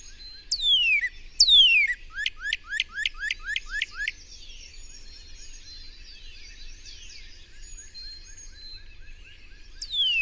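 Bird song: two descending whistles, then about seven rapid short downslurred notes, a pause filled by background bird chorus, and another falling whistle at the close.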